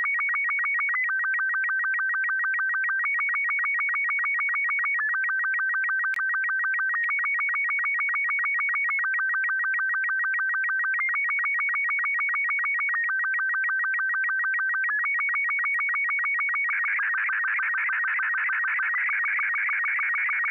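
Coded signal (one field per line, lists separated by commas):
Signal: SSTV (slow-scan television)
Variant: Robot 36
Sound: rapid ticking warble stepping between steady tones, then a busier chirping warble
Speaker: this is important to remember because sstv runs full duty cycle and running too much power for too long can overheat your radio you should never exceed 50 watts or keep a close eye on your equipment so [Music] so sstv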